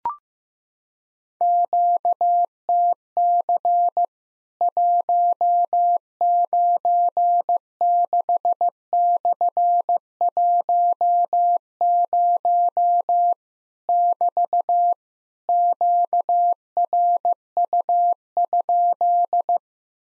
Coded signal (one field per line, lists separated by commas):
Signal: Morse code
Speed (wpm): 15 wpm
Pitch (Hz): 700 Hz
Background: none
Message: QTC 196/10 <BT> QRU?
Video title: Worked All Europe DX Contest QTC Exchange with Repeats 15wpm